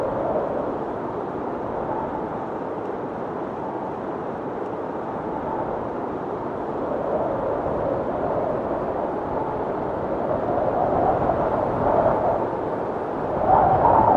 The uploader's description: wind storm sounds